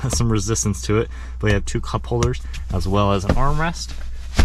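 In a 2023 Jeep Cherokee Altitude 4X4, the rear seat center armrest with two cup holders is pulled down from the rear seatback against some resistance while someone talks over a steady low hum. The clip ends before the armrest reaches its lowered position, so nothing has seated or clicked yet.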